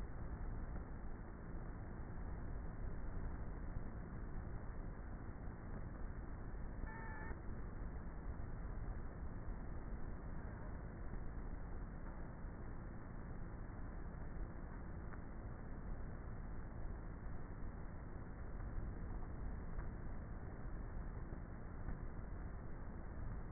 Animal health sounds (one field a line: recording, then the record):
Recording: honeybee colony, microphone inside the hive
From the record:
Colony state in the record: queenless with a low population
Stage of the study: before two queens were removed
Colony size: about 30,000 bees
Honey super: no